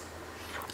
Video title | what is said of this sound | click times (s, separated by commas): iTronic™ BT Installation -- WITHOUT iPod interface | it'll only go one way so you don't have to worry about it push it in till it clicks | 0.7 s